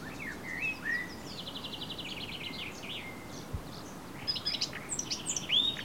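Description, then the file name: Eurasian blackcap song: scattered notes, then a rapid series of repeated notes, then a brighter warbling phrase with sharp high whistles, against steady background noise. "Sylvia atricapilla"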